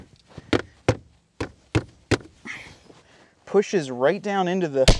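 The plastic drain plug fitting on a rubber floor mat in a 2024 Jeep Wrangler is smacked down toward the vehicle's floor drain hole, giving sharp hits at about 0.5, 0.9, 1.4, 1.8 and 2.1 seconds, and then someone talks. Nothing has seated or clicked yet.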